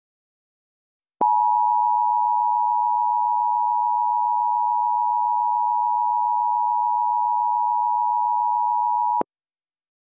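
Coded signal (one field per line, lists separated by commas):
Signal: Emergency Alert System (SAME) tones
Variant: 853 and 960 Hz attention tone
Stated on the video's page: Fake asteroid impact alert for the Northeast USA, made with fully valid tones.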